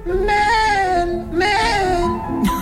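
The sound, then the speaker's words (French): A voice run through an echo effect comes out as two long, quavering, bleating notes, loud and goat-like, followed by a brief higher burst at the end. “Attends, faut que je mette un écho.”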